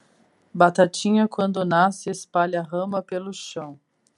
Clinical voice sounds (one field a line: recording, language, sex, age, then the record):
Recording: short text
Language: Brazilian Portuguese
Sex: female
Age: 40 to 49 years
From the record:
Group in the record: control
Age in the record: 44 years